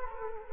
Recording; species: mosquito wingbeat signal from an infrared sensor; Culex quinquefasciatus